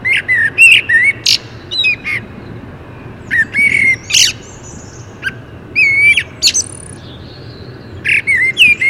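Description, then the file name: Common blackbird song: repeated short mellow whistled phrases mixed with thin high squeaks and chatter. "Turdus merula"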